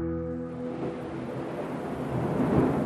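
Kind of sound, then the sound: nature, heavy rain with thunder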